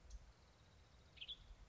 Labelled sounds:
Western Tanager (Piranga ludoviciana)
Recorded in Sonoma County, California

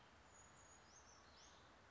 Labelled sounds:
Brown Creeper (Certhia americana)
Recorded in Sonoma County, California

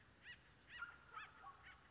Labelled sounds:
Acorn Woodpecker (Melanerpes formicivorus)
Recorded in Sonoma County, California

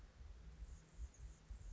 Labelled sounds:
Anna's Hummingbird (Calypte anna)
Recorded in Sonoma County, California

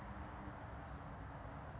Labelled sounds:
California Towhee (Melozone crissalis)
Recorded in Sonoma County, California

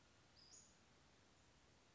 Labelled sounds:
Western Flycatcher (Empidonax difficilis)
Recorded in Sonoma County, California

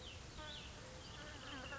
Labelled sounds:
Cassin's Vireo (Vireo cassinii)
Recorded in Sonoma County, California

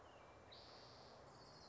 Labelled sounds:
Spotted Towhee (Pipilo maculatus)
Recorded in Sonoma County, California

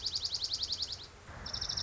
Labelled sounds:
Dark-eyed Junco (Junco hyemalis)
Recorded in Sonoma County, California

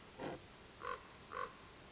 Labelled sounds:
Common Raven (Corvus corax)
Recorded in Sonoma County, California

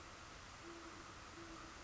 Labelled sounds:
Great Horned Owl (Bubo virginianus)
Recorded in Sonoma County, California

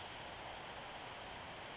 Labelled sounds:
Western Flycatcher (Empidonax difficilis)
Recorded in Sonoma County, California

